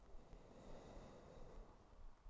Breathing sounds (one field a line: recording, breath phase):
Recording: one breath near a microphone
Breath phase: exhalation